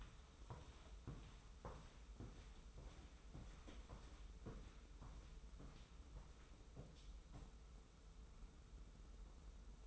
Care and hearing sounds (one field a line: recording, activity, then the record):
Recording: daily activity, microphone in the room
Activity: walk to room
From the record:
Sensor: 1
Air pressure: 994.4 hPa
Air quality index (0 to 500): 220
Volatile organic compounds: 1000 ppm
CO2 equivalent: 7869 ppm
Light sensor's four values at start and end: 55/126/55/57 and 66/148/65/68